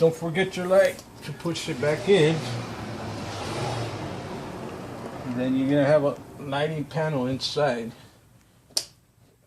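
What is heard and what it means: Someone talks while pushing the courtesy light bulb socket into its housing on the inside of the door panel of a 2007–2011 Mazda CX-9. A sharp snap is heard at 8.8 s as the socket seats in the panel, which is then turned to lock.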